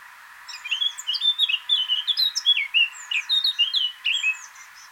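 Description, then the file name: Blackcap song, a rapid, lively warble of sweet and scratchy notes running for nearly four seconds. "Sylvia atricapilla"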